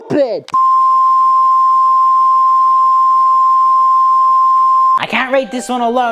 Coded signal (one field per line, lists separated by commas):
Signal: Emergency Alert System (SAME) tones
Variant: 1050 Hz attention tone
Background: speech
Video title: Rating EVERY Country's EAS Alarm